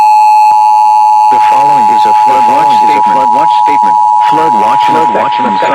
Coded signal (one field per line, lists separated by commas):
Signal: Emergency Alert System (SAME) tones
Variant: 853 and 960 Hz attention tone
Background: speech